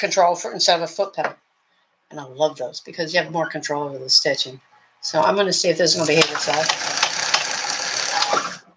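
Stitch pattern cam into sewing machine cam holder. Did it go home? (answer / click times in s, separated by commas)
partly / 7.0 s, 7.3 s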